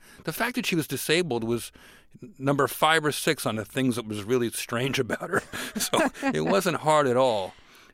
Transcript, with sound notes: The fact that she was disabled was number five or six on the things that was really strange about her.
(LAUGHTER)
So it wasn't hard at all.